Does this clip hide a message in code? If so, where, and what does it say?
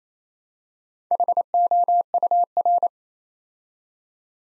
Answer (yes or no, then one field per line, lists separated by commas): yes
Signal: Morse code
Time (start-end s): 1.1-2.9 s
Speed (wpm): 27 wpm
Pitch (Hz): 700 Hz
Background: none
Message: HOUR